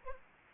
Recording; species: mosquito wingbeat signal from an infrared sensor; Anopheles arabiensis